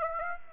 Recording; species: mosquito wingbeat signal from an infrared sensor; Aedes aegypti